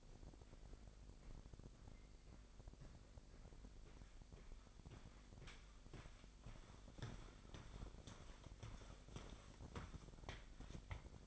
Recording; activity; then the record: daily activity, microphone in the room; walk to room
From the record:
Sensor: 5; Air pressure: 999.6 hPa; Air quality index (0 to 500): 224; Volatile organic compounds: 22 ppm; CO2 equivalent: 2748 ppm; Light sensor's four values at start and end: 35/81/32/31 and 32/71/29/29